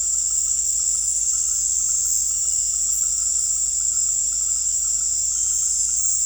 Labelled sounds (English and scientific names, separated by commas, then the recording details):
none
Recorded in secondary vegetation near Puerto Asís, Putumayo, Colombia, on 20 December 2024 at 18:30
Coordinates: 0.481, -76.318
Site G042